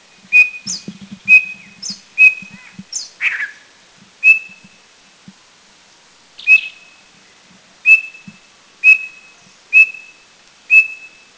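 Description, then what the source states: Giant nuthatch calls: short, sharp, high whistled notes with a clicking onset, repeated roughly once a second, with a couple of harsher notes among them. Doi Chiang Dao, northern Thailand.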